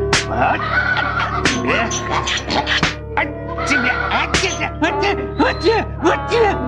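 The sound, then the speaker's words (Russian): A female donkey brays loudly and repeatedly while being cruelly beaten by its rider for turning off the road, its harsh, wavering cries rising and falling without pause, punctuated by a few sharp, sudden impacts. “И Валаам стал жестоко бить ослицу”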